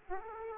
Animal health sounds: mosquito wingbeat signal from an infrared sensor; Aedes aegypti

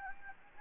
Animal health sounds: mosquito wingbeat signal from an infrared sensor; Anopheles gambiae

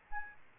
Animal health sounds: mosquito wingbeat signal from an infrared sensor; Aedes albopictus

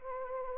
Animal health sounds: mosquito wingbeat signal from an infrared sensor; Anopheles arabiensis

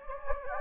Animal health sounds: mosquito wingbeat signal from an infrared sensor; Anopheles gambiae

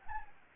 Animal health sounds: mosquito wingbeat signal from an infrared sensor; Anopheles gambiae

